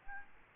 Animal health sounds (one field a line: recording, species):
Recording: mosquito wingbeat signal from an infrared sensor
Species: Aedes albopictus